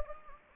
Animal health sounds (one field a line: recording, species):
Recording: mosquito wingbeat signal from an infrared sensor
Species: Anopheles gambiae